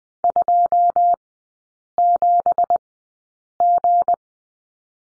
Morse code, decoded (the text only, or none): 27G